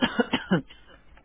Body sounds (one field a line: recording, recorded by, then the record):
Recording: voluntary cough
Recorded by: telephone call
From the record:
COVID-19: negative